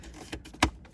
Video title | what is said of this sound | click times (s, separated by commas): How To Replace Gear Shift Indicator Light 06-11 Ford Explorer | Make sure you give it a little tug, make sure it's locked in there. There we go. | 0.6 s